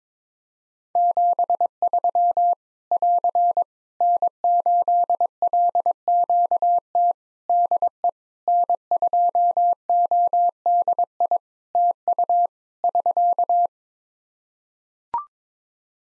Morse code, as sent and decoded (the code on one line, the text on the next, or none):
--... ...-- / .-.-. / -. ---.. .-.. --.- - / -.. . / -. ..--- --- -.. .. / - ..- / ...-.-
73 <AR> N8LQT DE N2ODI TU <SK>